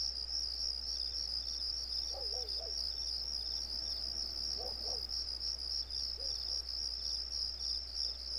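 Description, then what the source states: Crickets keep up a continuous shrill, pulsing chirp, with a low steady hum beneath and a few faint short notes at lower pitch. Crickets on a residential street.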